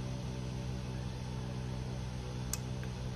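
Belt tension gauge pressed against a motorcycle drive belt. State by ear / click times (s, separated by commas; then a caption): torque reached / 2.5 s. A spring-type belt tension gauge is set against the edge of a Zero SR motorcycle's drive belt, midway between the front and rear sprockets, and pushed up until it clicks at its setting. Over a steady low hum, the sharp click lands at 2.5 s, followed by a fainter tick at 2.8 s. The gauge reads 60 pounds, which is within spec.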